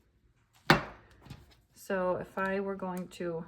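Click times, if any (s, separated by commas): 0.7 s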